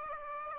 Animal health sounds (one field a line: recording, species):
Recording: mosquito wingbeat signal from an infrared sensor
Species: Aedes aegypti